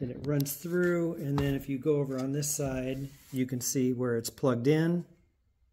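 Someone talks while handling the heated grip wiring connector and its plastic holder on the frame of a Ducati Streetfighter / Panigale V2/V4 motorcycle. The connector has not yet been pushed back into its holder, and nothing has seated or clicked yet.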